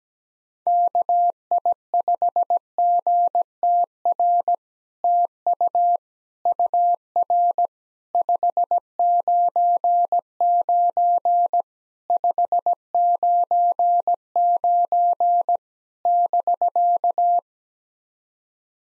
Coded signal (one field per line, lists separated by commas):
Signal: Morse code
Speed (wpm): 17 wpm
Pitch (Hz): 700 Hz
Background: none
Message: KI5GTR TU UR 599 599 <BK>